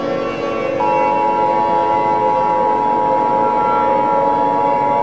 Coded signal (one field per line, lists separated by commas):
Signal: Emergency Alert System (SAME) tones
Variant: 853 and 960 Hz attention tone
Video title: EAS Mini Scenario #3: Earth's Core Rapid Cooldown